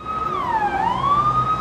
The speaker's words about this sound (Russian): Мчит скорая.